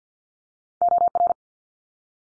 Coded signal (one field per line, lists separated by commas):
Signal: Morse code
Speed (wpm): 50 wpm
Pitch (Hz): 700 Hz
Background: none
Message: OR